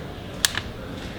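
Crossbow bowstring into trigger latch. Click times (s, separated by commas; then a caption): 0.4 s. A TenPoint Vengent S440 crossbow is cranked fully back with its built-in cocking crank until the bowstring hooks into the trigger mechanism. A sharp click at 0.4 s is followed by a softer click at 0.6 s. The string latches into the trigger lock, and the bow is fully cocked.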